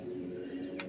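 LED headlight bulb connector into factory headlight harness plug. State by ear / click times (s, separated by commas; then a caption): seated / 0.8 s. A Boslla LED headlight bulb's plastic connector is pushed into the factory headlight harness plug on a Challenger, over a steady low tonal hum. A short, sharp snap is heard at 0.8 s as the connector seats in the plug.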